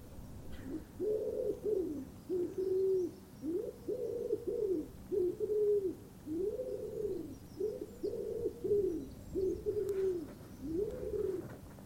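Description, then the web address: Bird calling with low, soft cooing notes repeated throughout, over faint background noise. "cianscape. Deverinetal. Bird Only"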